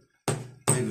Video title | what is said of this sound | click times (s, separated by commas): YONGJIA YD-52 - Egy fűrész élete 1. - Unboxing | és helyére pattant | 0.3 s, 0.7 s